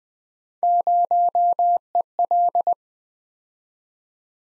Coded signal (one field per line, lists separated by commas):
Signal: Morse code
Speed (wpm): 20 wpm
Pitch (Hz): 700 Hz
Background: none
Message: 0EL